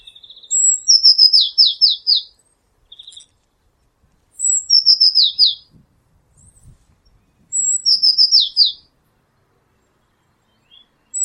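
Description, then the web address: Eurasian blue tit calling: a thin high note, then a buzzy, descending rattle of several notes, repeated three times roughly every three and a half seconds, with faint low thumps. "cianscape birddata Deverinetal 2025 File origin Bird Only Cy Ca"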